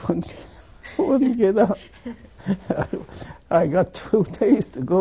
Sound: he laughs

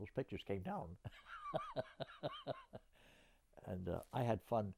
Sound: laughs

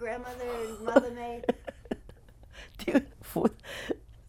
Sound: she laughs

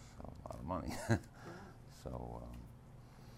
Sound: laughs

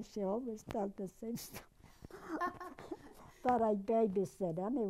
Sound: they laugh

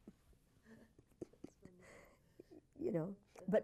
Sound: laughs

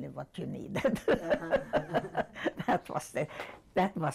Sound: laughs

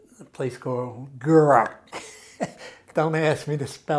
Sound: chuckles

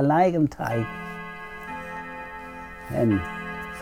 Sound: clock chimes

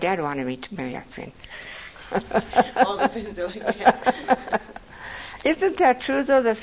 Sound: laughs

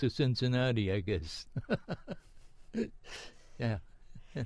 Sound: laughs

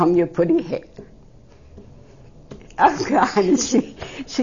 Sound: she is moved and then laughs

